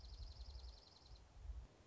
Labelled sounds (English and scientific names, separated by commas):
Dark-eyed Junco (Junco hyemalis)